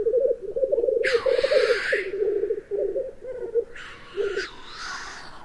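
Black grouse: a low bubbling cooing runs until about four and a half seconds, broken by two loud breathy hisses around the first and fourth seconds.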